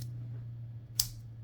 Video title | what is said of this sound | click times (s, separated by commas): CJRB Crag Recoil Lock! Cheap Sharklock Superlock Alternative?! | didn't click it the whole way the first try that's okay | 1.0 s